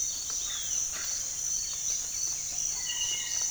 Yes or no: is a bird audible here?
no